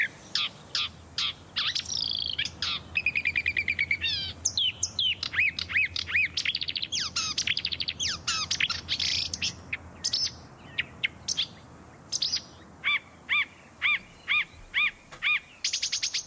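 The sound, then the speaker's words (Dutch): A marsh warbler sings a fast, varied medley of mimicked bird calls: rapid high chirps, buzzy trills and sharp whistled notes, shifting constantly in pitch and rhythm, loud and alone without talk. “Je hoorde de winnaar van de serie Imiterende Vogels. En dat is dan de bosliedzanger geworden.”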